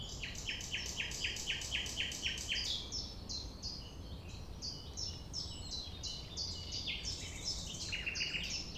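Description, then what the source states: Common nightingale song, a run of loud repeated clipped notes, about nine in quick succession, then varied strophes and more repeated notes, faint low rumble. Recorded at 6 a.m. at sunrise near the Thève, Champ de Ménage; the nightingale sings without waiting for silence.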